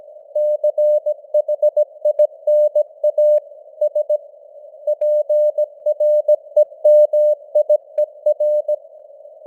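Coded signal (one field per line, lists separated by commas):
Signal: Morse code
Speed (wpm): 17 wpm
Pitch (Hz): 600 Hz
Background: none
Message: CHINA S PREMIER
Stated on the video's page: Morse news headlines at 17 wpm with simulated radio noise and varying signal strength (QSB).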